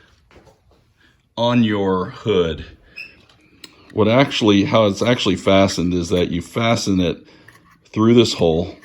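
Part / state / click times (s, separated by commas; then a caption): underhood light cartridge clip into hood mounting hole / not seated / none. An underhood light cartridge for a Jeep Wrangler TJ is handled at the hood, where its plastic clip fastens through a hood mounting hole. Someone talks throughout, with a few faint ticks in the pauses. Nothing has seated or clicked yet; the clip has not snapped in place by the end.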